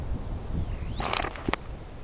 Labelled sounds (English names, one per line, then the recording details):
Superb Starling flight call
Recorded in Kenya